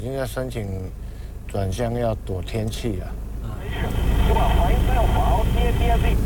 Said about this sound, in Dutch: Een vliegtuig van Taidong naar Songshan in Taipei is dat. Zal omvliegen vanwege het weer, horen we hier.